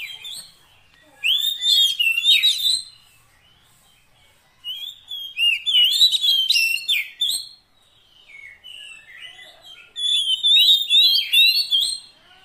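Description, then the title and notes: Oriental magpie-robin song: lively bursts of jumbled whistles and chattering notes, repeated three times with brief pauses between them. Long-duration fill-in (isian) song track meant to make the kacer sing energetically (gacor) day and night. "Kacer Jadi Gacor Siang Malam. Isian Kacer Durasi Panjang"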